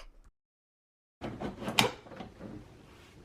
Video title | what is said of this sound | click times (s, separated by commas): BEGINNER-FRIENDLY TUMBLER HEAT PRESS?! 🤯 HTVRONT A200 AUTO TUMBLER PRESS HONEST REVIEW + COUPON! | You'll slide the plate through that until you hear a click. | 1.8 s